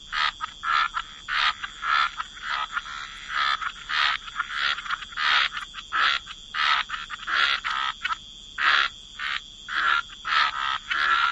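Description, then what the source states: Repeated raspy frog croaks, each a short burst, coming about every half second to a second in an uneven rhythm over a faint constant hiss. Frog chorus.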